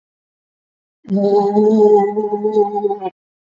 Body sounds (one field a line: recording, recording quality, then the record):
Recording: sustained vowel as in boot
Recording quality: excellent, no background noise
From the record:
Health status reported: COVID-19 positive, moderate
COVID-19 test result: positive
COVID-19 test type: RT-PCR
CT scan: not taken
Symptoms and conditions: cough, cold, breathing difficulty, sore throat, fever, fatigue, muscle pain, diarrhoea, hypertension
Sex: male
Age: 36 years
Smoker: yes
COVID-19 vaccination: one dose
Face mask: worn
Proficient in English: no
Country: India